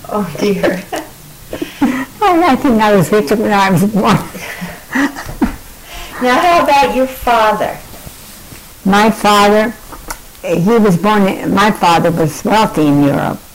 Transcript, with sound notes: Oh, dear. (laughing)
Oh, I think I was wretched, when I was, ah, one. (laughing)
Now how about your father?
My father... eh, he was born, my father was wealthy in Europe.